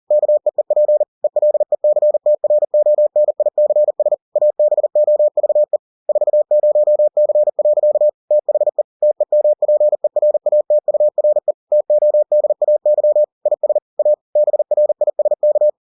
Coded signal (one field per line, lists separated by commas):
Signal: Morse code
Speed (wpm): 40 wpm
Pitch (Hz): 600 Hz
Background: none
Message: KEEP ELECTRONICS ABOVE 40C. THE TEMPERATURE TODAY IS A BRISK